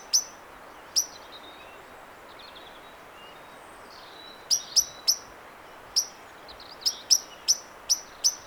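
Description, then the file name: Common blackbird sharp 'tix' calls, two spaced notes, a quiet gap, then clusters of rapid clicking notes toward the end, over faint hiss. "Turdus merula"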